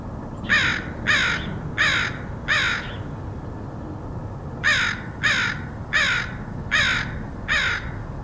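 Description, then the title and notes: Crow cawing, four harsh caws at a steady pace, a short gap, then five more, over low background noise. Crows recorded in Portland, Oregon, in August 2003. "Crows of Portland. Crows recorded by Dan Bodah in Portland, OR, August 2003"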